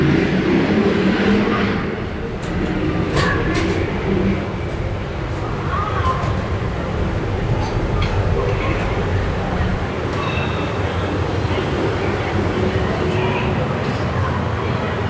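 Evening street sound on Via Moscova in Milan: a steady, dense low rumble of traffic runs throughout, loudest in the first two seconds. Scattered short knocks and clatters pop up every second or so, with faint voices mixed in.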